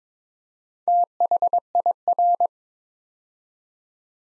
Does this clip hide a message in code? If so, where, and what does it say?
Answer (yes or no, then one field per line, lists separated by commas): yes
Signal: Morse code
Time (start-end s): 0.9-2.5 s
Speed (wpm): 22 wpm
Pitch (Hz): 700 Hz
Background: none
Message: THIR